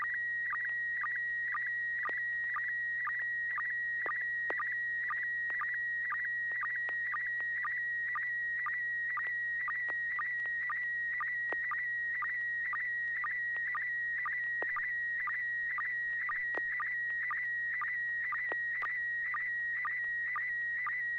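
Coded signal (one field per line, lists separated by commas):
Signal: SSTV (slow-scan television)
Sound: steady whistling tone near 1.9 kHz, chirped by regular short low sync blips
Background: low hum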